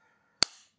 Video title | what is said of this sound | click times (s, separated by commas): Top 3 Best Selling Earbuds in India under 1000 INR - In Depth Review | nice click closure but the plastic feels | 0.4 s